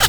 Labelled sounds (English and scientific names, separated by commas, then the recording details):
Zebra Finch (Taeniopygia guttata) kackle call
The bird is a female
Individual fem1